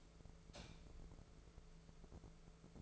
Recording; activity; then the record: daily activity, microphone in the room; light off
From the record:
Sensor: 5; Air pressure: 1014.8 hPa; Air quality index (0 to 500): 168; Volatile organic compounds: 6 ppm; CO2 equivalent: 1848 ppm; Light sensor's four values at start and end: 114/273/116/128 and 113/268/115/126